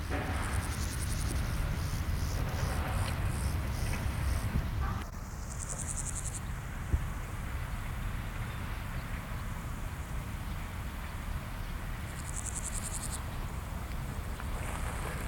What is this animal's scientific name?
Chorthippus parallelus